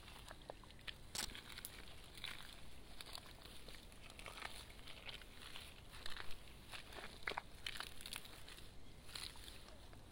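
Hand weeding in a rice paddy: a steady run of short splashing and rustling sounds as plants are pulled from the water. The small wet crackles come irregularly, several each second, with a few sharper ones near the middle and end, over a low constant murmur.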